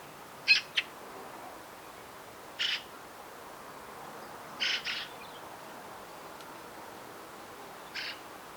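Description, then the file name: Eurasian magpie giving harsh, rasping calls, single and double notes, scattered throughout with pauses of about two to three seconds between them. "Pica pica"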